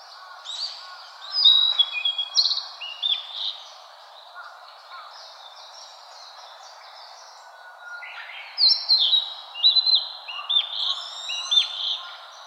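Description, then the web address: Narcissus flycatcher singing two bursts of high, sharp whistled and clipped notes separated by a quiet gap, with soft lower bird sounds in the background. Recorded 18 April 2013. "birdenaga kibitaki S 130418"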